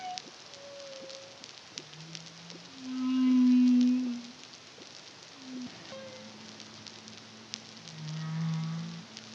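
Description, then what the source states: Humpback whale song of low, droning moans swelling loudest midway, with short higher tones and scattered clicks crackling throughout. Caribbean, CARIMAM project, 2023.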